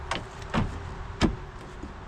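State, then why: Seated. A Super ATV lift-up windshield, whose support pistons are broken, is pulled closed on an ATV cab frame while its bottom edge is held. Two sharp hits land at 0.1 s and 1.2 s over a low background rumble, with a duller thud between them, and the windshield latches and locks into its closed position.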